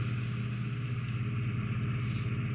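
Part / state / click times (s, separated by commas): small plastic model parts onto ship model sides / not seated / none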